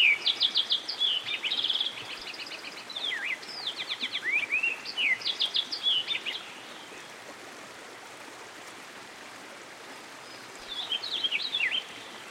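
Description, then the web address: American goldfinch singing a bright, rambling series of high twitters and fast repeated notes for six seconds, then a short burst again, with constant flowing water hiss. Recorded beside a stream. "Dan Gibson Songbirds By The Stream. American Goldfinch"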